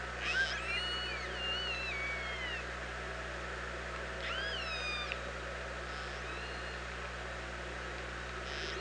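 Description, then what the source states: Orca calls: a few harmonic sweeping calls spaced throughout, with a constant low background hum. Recorded by OrcaLab on 24 August 2017 at 07:46.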